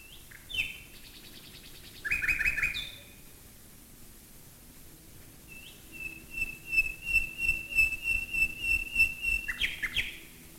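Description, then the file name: Common nightingale song: chattering trills, then a long, fast, even run of repeated notes at one pitch ending in a flourish, over faint low droning. Nightingales recorded in 1942 while bombers flew overhead. "nightingales and bombers 1942"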